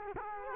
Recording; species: mosquito wingbeat signal from an infrared sensor; Culex quinquefasciatus